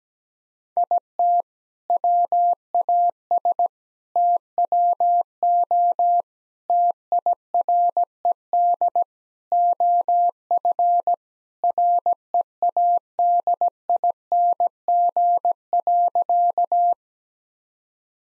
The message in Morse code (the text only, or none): IT WAS TWO TIRED OF READING.